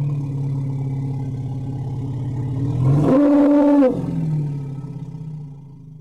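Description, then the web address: Elephant call: a steady, low rumble builds into a loud, harmonic, roaring blast of nearly a second, then fades back into rumbling. "animal sounds elephant"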